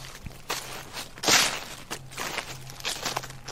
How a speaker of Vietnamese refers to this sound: càng lúc càng rõ tiếng bước chân sột soạt dẫm lên đám lá thuốc khô mà mẹ cô phơi ở ngoài.